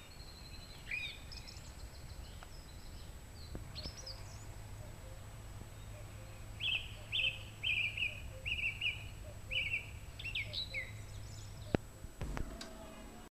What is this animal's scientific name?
Turdus philomelos